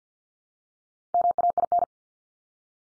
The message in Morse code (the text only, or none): MAIN